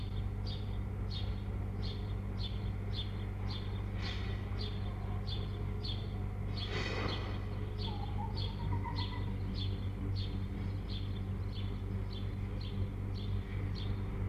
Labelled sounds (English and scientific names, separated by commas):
Red Fox (Vulpes vulpes)